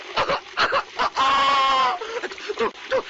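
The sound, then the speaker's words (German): Exaggerated snoring by the character Meister Eder in the Pumuckl radio play, apparently a voice imitating it: a few short rasping snorts, then a long wavering whistle-like tone on the breath out, followed by more quick snorts. “Meister Edel, hör zu schnarchen auf.”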